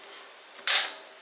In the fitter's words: you can hear that snap all right